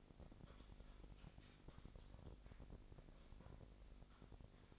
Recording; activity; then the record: daily activity, microphone in the room; typing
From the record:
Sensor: 5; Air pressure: 1007.7 hPa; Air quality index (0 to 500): 95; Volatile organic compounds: 1 ppm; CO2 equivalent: 748 ppm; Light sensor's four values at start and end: 42/98/41/43 and 42/98/41/43